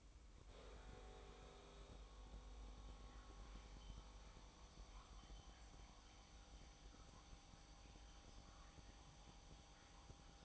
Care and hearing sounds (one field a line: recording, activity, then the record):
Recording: daily activity, microphone in the room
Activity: make coffee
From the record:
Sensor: 1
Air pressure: 1007.4 hPa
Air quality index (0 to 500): 81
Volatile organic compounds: 1 ppm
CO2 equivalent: 703 ppm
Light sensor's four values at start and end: 8/19/8/9 and 8/20/8/9